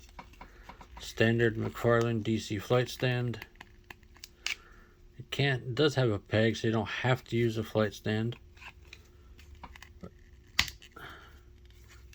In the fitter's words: snaps right in there sort